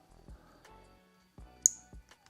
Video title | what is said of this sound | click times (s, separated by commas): #2 GEORIDE 3S et THUNDERBOX - INTEGRATION | Tac. Tu as entendu le petit clic. | 1.7 s